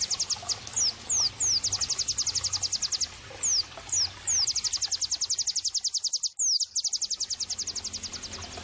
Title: Pleci Gacor 05. terapi pleci dextro 87 plus masteran kenari sahdu Dextro87 channel